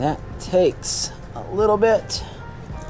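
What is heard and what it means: A guide insert is threaded and pushed into the rod of a workbench drilling-guide system while someone talks over a tonal background, with short bursts of high-pitched hiss around 0.9 s and 2.1 s. Nothing has seated or clicked yet.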